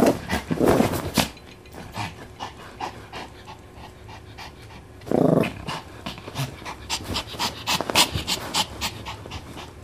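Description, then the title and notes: Dog panting amid rustling, with a few louder clattering bursts. Male dog eating from a metal bowl, then fighting with the blankets. "Eating from a metal bowl and then fighting with the blankets, he sounds like this."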